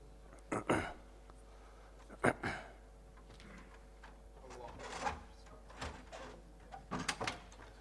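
A door is handled and shut during a lecture, giving a few sharp knocks and clacks spread over several seconds, with quieter shuffling and rattling in between over a steady low hum.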